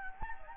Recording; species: mosquito wingbeat signal from an infrared sensor; Anopheles gambiae